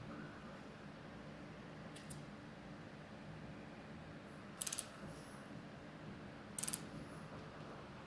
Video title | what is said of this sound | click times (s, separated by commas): 2005-2010 V6 Mustang & Explorer Oil Reduction Tube Install (Update For Timing Chain Video) | Wow, that is literally just stripping it out. Great. | 4.6 s, 4.7 s, 4.8 s, 6.6 s, 6.7 s